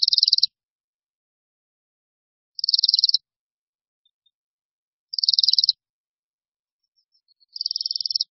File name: Brkoslav-severní